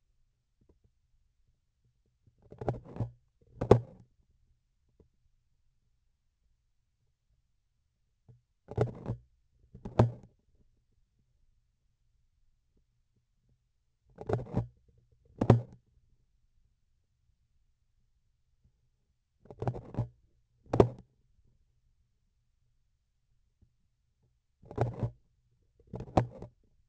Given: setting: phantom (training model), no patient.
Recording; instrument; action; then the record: laparoscopic instrument, vibration sensor on the handle end; grasping forceps; opening and closing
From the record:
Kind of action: tool actuation without material contact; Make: other than Olympus